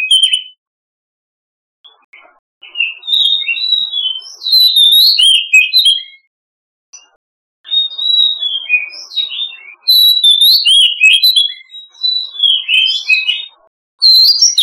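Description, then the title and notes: Oriental magpie-robin song: a long, varied run of rich whistles and sweeping notes, broken by short pauses. "Kicau Burung Kacer"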